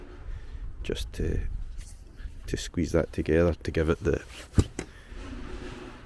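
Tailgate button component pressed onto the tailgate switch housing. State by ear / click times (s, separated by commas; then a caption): seated / 4.8 s. A tight-fitting part of a replacement tailgate button assembly for a Vauxhall or Opel Insignia is squeezed with pliers onto the tailgate switch housing while someone talks. A sharp click at 4.8 s shows the part has gone all the way on and seated.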